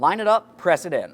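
A man talks while a plastic lock connector on the door-latch cable is lined up and pressed toward its slot on the front interior door handle of a 2003-2008 Toyota Matrix. Nothing has seated or clicked yet in this clip.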